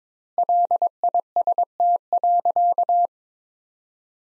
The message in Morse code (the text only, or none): LIST.